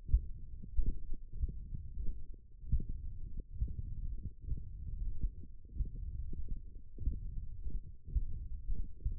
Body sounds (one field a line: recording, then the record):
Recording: forearm muscle sounds (acoustic myography)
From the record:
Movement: finger pinch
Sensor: system 1, eight BSWA MPA416 microphones around the upper forearm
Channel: 7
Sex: male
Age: 21 years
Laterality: right